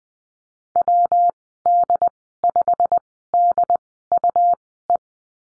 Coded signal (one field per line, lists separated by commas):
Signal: Morse code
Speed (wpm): 20 wpm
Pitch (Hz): 700 Hz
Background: none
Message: WD5DUE